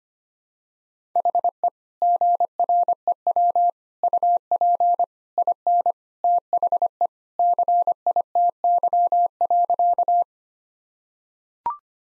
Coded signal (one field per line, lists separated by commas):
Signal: Morse code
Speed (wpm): 25 wpm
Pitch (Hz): 700 Hz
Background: none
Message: HE GREW UP IN THE CITY.